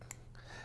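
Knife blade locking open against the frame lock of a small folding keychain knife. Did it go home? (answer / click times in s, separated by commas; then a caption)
yes / 0.1 s. The blade of a small keychain folding knife is opened, and its metal frame lock snaps into place behind it with a sharp, bright click at 0.1 s, with faint softer ticks around it over a steady low hum. The blade locks open against the frame lock.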